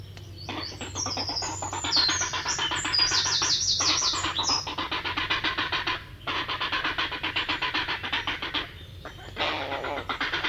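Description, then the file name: Grey heron giving a fast chattering series of harsh ticking notes, roughly four per second, run together in long bouts with short pauses between. "Grey Heron (Ardea cinerea)"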